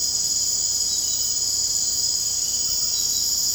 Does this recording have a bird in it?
no